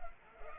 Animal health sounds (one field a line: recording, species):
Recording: mosquito wingbeat signal from an infrared sensor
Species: Culex pipiens